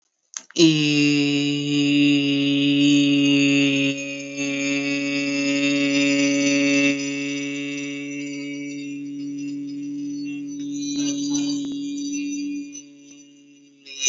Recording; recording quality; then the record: sustained vowel as in beet; excellent, no background noise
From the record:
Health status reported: exposed to COVID-19, no respiratory illness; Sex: male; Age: 19 years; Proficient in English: yes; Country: India